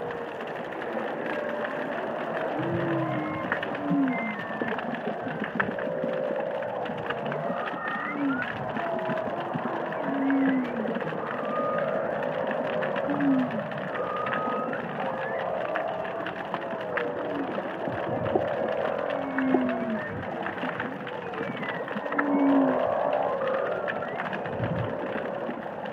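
Humpback whales sing underwater in a dense, overlapping chorus of moans, whoops and rising calls. Short upswept cries recur every few seconds against a steady murky wash of lower groans and echoing voices that never stop.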